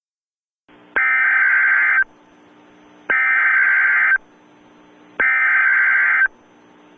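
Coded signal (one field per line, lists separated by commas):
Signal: Emergency Alert System (SAME) tones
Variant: header bursts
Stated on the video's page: Simulated, requested EAS scenario with local area emergency, hazardous materials, shelter-in-place and civil danger warnings.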